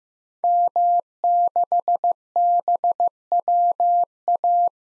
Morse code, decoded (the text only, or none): M6BWA